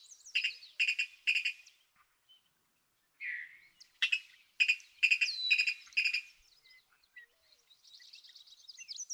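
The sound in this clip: Virginia rail calling: short bursts of rapid pulsed notes, with harsh mixed calls midway and faint high twittering near the end.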